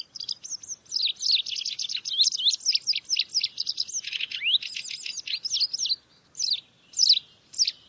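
Bird calls in a fast, jumbled twittering stream of high squeaky chirps and slurred notes, thinning into separate chirps near the end.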